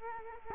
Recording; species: mosquito wingbeat signal from an infrared sensor; Culex quinquefasciatus